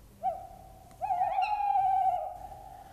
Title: Viikon luontoääni: Lehtopöllö